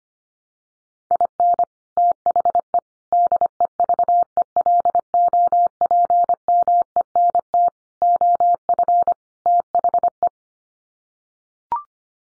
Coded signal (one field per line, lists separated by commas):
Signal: Morse code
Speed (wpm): 25 wpm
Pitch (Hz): 700 Hz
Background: none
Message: IN THE DEVELOPMENT OF THE